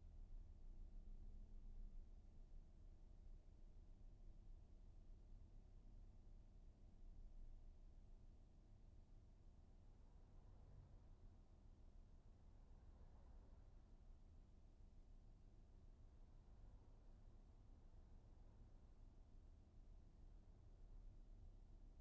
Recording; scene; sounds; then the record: everyday scene through a hearing-aid microphone; in a vehicle; engine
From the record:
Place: VW T5 Caravelle, diesel engine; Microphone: behind the ear, right, rear